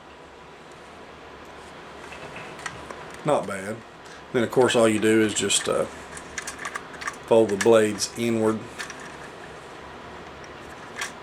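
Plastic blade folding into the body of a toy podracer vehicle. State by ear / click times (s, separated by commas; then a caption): not seated / none. Someone talks while folding the plastic blades of a Star Wars Movie Heroes Sebulba's Podracer toy vehicle inward toward its body, with brief faint handling taps around 2.7, 2.9, 6.4, 6.8, 7.1 and 8.9 seconds. The blades have not yet been pushed until they click, so nothing has seated or clicked yet.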